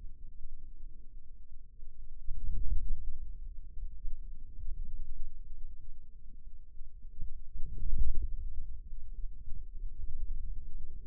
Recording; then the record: forearm muscle sounds (acoustic myography)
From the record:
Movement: outward rotation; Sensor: system 2, bracelet of six BSWA MPA416 microphones around the upper forearm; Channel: 2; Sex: male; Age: 22 years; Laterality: right